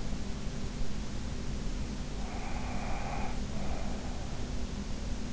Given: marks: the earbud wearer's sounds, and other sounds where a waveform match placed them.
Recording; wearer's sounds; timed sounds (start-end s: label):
sounds in sleep by an in-ear microphone; breath
2.14-4.59 s: breath